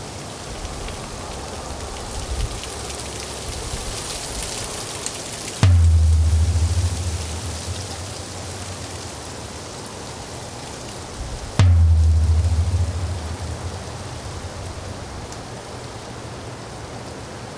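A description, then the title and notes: Wind moves through ice-coated trees, giving a steady, dense hiss of fine crackling throughout. Around six and twelve seconds, a sudden low thump strikes and rumbles briefly before fading back into the continuous rustle. We had a major ice storm a couple years ago. I heard how the wind rustled the ice-coated trees and made them crackle. I rushed home and recorded audio of the trees in my backyard using the NT5 mics into the D1600.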